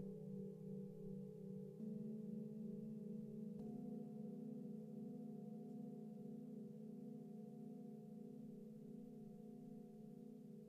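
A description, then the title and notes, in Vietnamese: A Tibetan singing bowl rings with a steady, sustained hum made of several layered tones, low and warm with a faint shimmer above. Near two seconds and again near three and a half, the pitch shifts slightly, as if the bowl is struck or rubbed anew, then the drone continues evenly. Đây là âm thanh từ chuông xoay Tây Tạng, được mình thu trực tiếp từ một phần của các buổi học về SoundHealing, Sound bath do mình giảng dạy.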